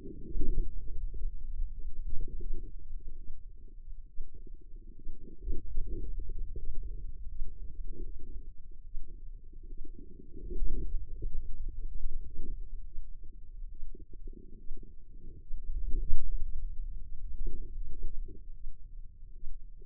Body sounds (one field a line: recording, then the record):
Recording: forearm muscle sounds (acoustic myography)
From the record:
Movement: hand opening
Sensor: system 2, bracelet of six BSWA MPA416 microphones around the upper forearm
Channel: 2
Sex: female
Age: 25 years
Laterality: right